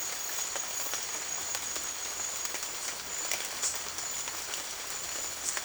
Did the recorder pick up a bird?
no